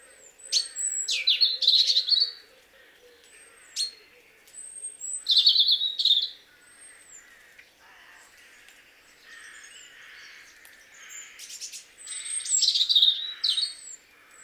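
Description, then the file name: European robin song in three separate phrases with pauses between. Each mixes thin high whistles with a liquid warbled trill. "Erithacus rubecula"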